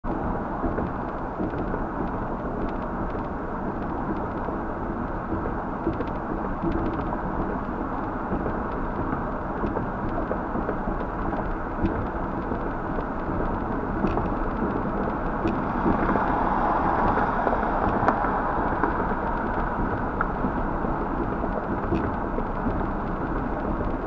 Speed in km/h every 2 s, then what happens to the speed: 71, 69, 69, 71, 72, 74, 74, 74, 74, 74, 74, 74.
0-24 steady at about 74.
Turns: none.